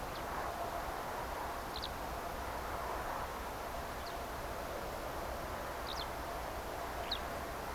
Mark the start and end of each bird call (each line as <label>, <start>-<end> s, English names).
Eurasian Skylark, 0.07-0.21 s
Eurasian Skylark, 1.73-1.88 s
Eurasian Skylark, 3.98-4.13 s
Eurasian Skylark, 5.85-6.05 s
Eurasian Skylark, 7.02-7.19 s